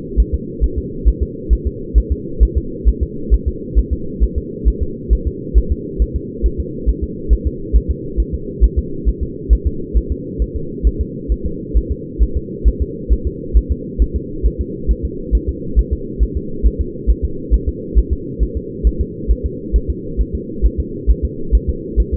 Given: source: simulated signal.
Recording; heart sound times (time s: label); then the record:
fetal heart sounds
0.20 s: S1
0.34 s: S2
0.64 s: S1
0.78 s: S2
1.08 s: S1
1.23 s: S2
1.53 s: S1
1.67 s: S2
1.98 s: S1
2.12 s: S2
2.43 s: S1
2.57 s: S2
2.89 s: S1
3.03 s: S2
3.34 s: S1
3.48 s: S2
3.79 s: S1
3.93 s: S2
4.23 s: S1
4.38 s: S2
4.68 s: S1
4.83 s: S2
5.13 s: S1
5.27 s: S2
5.58 s: S1
5.72 s: S2
6.02 s: S1
6.16 s: S2
6.46 s: S1
6.60 s: S2
6.89 s: S1
7.04 s: S2
7.33 s: S1
7.47 s: S2
7.76 s: S1
7.91 s: S2
8.20 s: S1
8.34 s: S2
8.64 s: S1
8.78 s: S2
9.09 s: S1
9.23 s: S2
9.53 s: S1
9.67 s: S2
9.97 s: S1
10.12 s: S2
10.42 s: S1
10.56 s: S2
10.87 s: S1
11.01 s: S2
11.32 s: S1
11.46 s: S2
11.77 s: S1
11.92 s: S2
12.23 s: S1
12.37 s: S2
12.68 s: S1
12.82 s: S2
13.12 s: S1
13.27 s: S2
13.57 s: S1
13.72 s: S2
14.02 s: S1
14.16 s: S2
14.46 s: S1
14.61 s: S2
14.91 s: S1
15.05 s: S2
15.35 s: S1
15.49 s: S2
15.79 s: S1
15.93 s: S2
16.23 s: S1
16.37 s: S2
16.67 s: S1
16.81 s: S2
17.10 s: S1
17.25 s: S2
17.54 s: S1
17.69 s: S2
17.98 s: S1
18.13 s: S2
18.43 s: S1
18.57 s: S2
18.87 s: S1
19.01 s: S2
19.31 s: S1
19.46 s: S2
19.76 s: S1
19.90 s: S2
20.21 s: S1
20.35 s: S2
20.66 s: S1
20.80 s: S2
21.10 s: S1
21.25 s: S2
21.55 s: S1
21.70 s: S2
22.00 s: S1
22.14 s: S2
From the record:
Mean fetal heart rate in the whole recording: 135 bpm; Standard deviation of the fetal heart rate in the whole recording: 3 bpm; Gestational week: 34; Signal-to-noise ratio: -4.3 dB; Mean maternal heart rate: 72 bpm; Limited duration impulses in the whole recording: absent